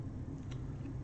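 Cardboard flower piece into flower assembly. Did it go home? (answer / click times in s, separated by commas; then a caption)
no / none. A cardboard flower piece for a board-game flower assembly is handled as it is slid straight down and then over toward its spot on top. A steady low rumble fills the clip, with a brief faint scrape around 0.5 s. Nothing has seated or clicked yet.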